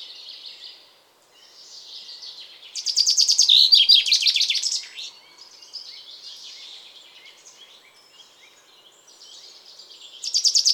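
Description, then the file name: Common chaffinch singing a loud rattling trill that falls into a short terminal flourish. Quieter high twitters surround it, and a new phrase begins at the end. "Fringilla coelebs"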